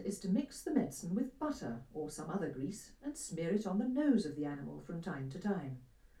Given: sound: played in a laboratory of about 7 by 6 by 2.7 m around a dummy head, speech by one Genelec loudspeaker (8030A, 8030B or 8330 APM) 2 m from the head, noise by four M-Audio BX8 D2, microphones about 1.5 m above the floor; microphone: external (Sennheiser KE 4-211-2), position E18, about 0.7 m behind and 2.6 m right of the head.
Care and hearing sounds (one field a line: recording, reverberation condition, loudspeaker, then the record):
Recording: female speech in English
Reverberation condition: low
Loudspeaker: behind (180 degrees)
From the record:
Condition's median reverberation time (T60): about 310 ms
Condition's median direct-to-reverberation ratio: about 3.5 dB